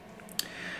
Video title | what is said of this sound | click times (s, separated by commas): Unboxing Nikon's Best Ever Camera | put it back on and it locks into place | 0.4 s